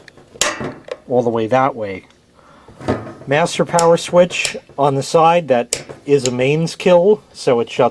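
Someone presses and turns the rotating mains plug on the back of a small plastic Easy Home (Aldi) wall-outlet ceramic space heater. A sharp click at 0.4 s marks the plug locking into one of its end positions, followed by someone talking.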